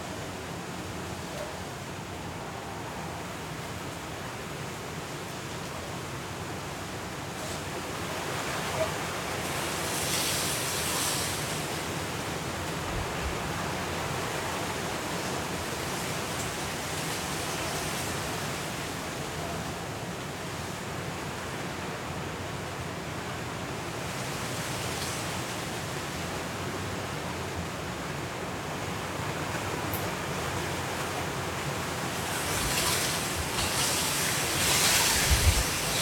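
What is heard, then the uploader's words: Hurricane wind and rain make a dense, steady roar that fills the whole range, with low rumbling underneath. Brighter hissing gusts swell around 10, 25 and 33–36 seconds, and the loudness climbs slightly toward the end. Hurricane Kay in Los Cabos at Midnight. The sound of the wind, rain and city.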